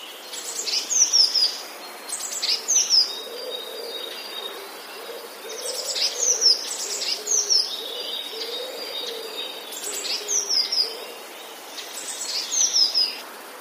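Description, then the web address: Eurasian blue tit song: short high phrases of thin notes ending in a quick descending trill, repeated several times. "wroblowe teka spiew 28 modraszkoteka"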